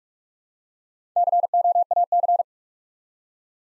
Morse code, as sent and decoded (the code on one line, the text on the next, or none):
-.-. --- .- -.-.
COAC